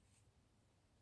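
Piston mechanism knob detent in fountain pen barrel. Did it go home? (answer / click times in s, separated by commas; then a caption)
no / none. The threaded piston unit of a Lanbitou 3059 plastic fountain pen is handled in the barrel after being screwed back in tight, with faint rubbing and low background noise and no speech. The piston knob is on its way to its upper stop, where a brake (detent) makes it click, but nothing has seated or clicked yet.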